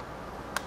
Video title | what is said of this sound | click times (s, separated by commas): 5 CNC End Pieces | once you hear it lock then just hit enter again | 0.6 s